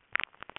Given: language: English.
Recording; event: throat vibration sensor signal played as sound; swallow